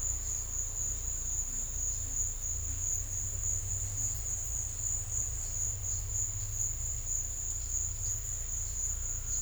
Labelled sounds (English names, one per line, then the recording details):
none
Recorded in secondary vegetation near Puerto Asís, Putumayo, Colombia, on 18 December 2024 at 13:30
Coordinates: 0.488, -76.319
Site GP04